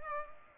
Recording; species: mosquito wingbeat signal from an infrared sensor; Culex pipiens